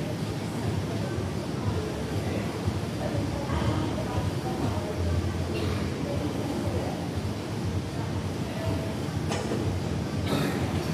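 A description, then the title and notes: Gym ambience: a dense, steady rumble of treadmill motion with faint murmured voices and occasional bright metallic clinks near nine and ten seconds. Iron Beats and Treadmill Rythm - Energizing and Soothing Ambiance of a Gym. Weight clinks and treadmill swooshes create a unique ambience, offering a sense of calm amidst the hustle.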